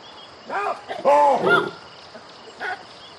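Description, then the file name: Baboon calls: a quick run of loud, arching, harmonic calls clustered in the first two seconds, then one softer call. "audio hero Baboon"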